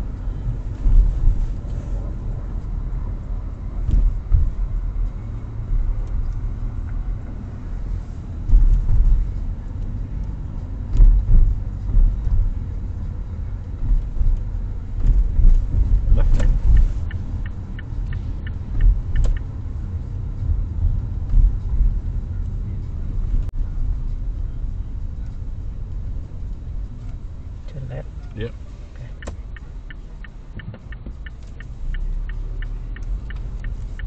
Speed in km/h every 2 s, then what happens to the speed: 26, 23, 23, 23, 27, 29, 28, 27, 26, 25, 24, 18, 14, 8, 0, 0, 9.
4-9 speeds up to 29. 9-19 steady at about 27. 19-28 slows to 0. 28-31 standing. 31-34 pulls away to 9.